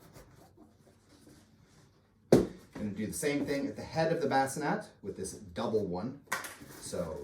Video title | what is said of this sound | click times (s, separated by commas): Bugaboo Fox 5: Switching from Seat to Bassinet | pushing it to the side until it locks in place | 2.3 s